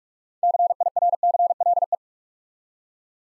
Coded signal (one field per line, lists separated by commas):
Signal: Morse code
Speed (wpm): 44 wpm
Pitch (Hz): 700 Hz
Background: none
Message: CIRCLE